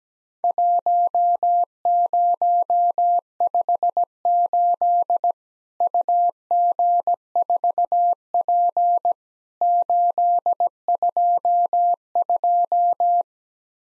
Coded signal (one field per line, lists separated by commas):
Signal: Morse code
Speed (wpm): 17 wpm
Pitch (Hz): 700 Hz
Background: none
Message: 1058 UG4P 822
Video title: Worked All Europe DX Contest QTC Exchange with Repeats 17wpm